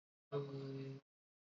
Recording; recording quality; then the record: sustained vowel as in beet; poor, much background noise or distortion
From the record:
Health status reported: recovered from COVID-19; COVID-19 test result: negative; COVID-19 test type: RT-PCR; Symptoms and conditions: cough, fever, fatigue, muscle pain, asthma, hypertension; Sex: male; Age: 40 years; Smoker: yes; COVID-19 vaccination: both doses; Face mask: worn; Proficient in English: yes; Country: India